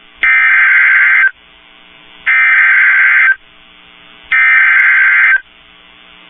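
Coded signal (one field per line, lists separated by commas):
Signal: Emergency Alert System (SAME) tones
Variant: header bursts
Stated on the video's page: Severe thunderstorm warning from NOAA Weather Radio, received via an online stream.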